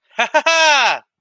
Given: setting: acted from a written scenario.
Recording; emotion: vocal sound without words; triumph